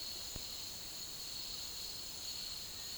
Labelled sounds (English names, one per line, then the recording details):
none
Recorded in secondary vegetation near Puerto Asís, Putumayo, Colombia, on 24 March 2025 at 09:00
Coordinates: 0.489, -76.322
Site G042